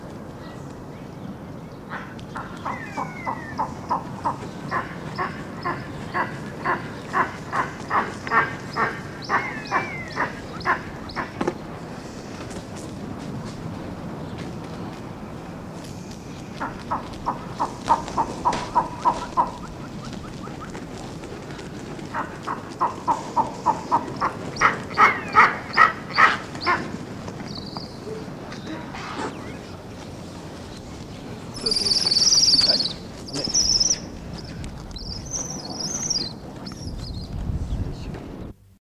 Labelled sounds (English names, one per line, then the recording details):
Steppe Eagle call
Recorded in captivity
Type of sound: call
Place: Zoo Münster, Nordrhein-Westfalen, DE
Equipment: Halbspur, 9,5 cm/s
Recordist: Lütgens, Hans
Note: A. nipalensis gegriffen